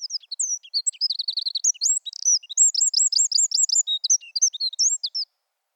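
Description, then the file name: Eurasian wren song: a long, energetic stream of piercing high notes with a short fast trill early on, then evenly repeated bright chips and scattered twitters. "Troglodytes troglodytes"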